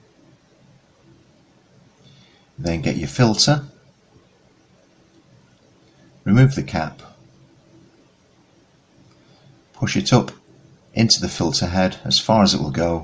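A drinking water filter cartridge for a boat filter head is handled while someone talks, with its protective cap removed before it is pushed up into the filter head. Only quiet handling is heard between bursts of speech, and nothing has seated or clicked yet.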